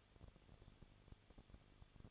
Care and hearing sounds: daily activity, microphone in the room; no activity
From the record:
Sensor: 4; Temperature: 23.1 degrees Celsius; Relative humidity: 33.9%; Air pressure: 1007.2 hPa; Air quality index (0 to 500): 215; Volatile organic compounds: 15 ppm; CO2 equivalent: 2485 ppm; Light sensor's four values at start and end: 2/3/1/1 and 2/3/1/1

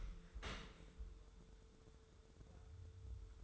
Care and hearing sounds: daily activity, microphone in the room; open dishwasher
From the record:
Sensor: 3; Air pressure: 1015.0 hPa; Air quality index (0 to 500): 29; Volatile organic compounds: 1 ppm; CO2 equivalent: 526 ppm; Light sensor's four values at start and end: 11/26/11/10 and 11/26/11/10

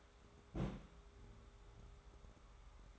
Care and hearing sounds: daily activity, microphone in the room; place on stove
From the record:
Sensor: 3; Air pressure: 1010.3 hPa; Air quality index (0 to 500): 166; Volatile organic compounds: 9 ppm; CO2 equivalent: 2172 ppm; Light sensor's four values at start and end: 50/123/54/60 and 50/123/54/60

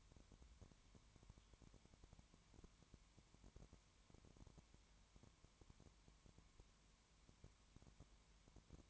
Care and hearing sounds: daily activity, microphone in the room; no activity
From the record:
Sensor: 3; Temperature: 20.1 degrees Celsius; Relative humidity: 31.4%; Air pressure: 1001.3 hPa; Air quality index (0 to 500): 74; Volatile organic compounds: 1 ppm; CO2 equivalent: 695 ppm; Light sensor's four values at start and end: 2/3/2/2 and 2/3/2/2

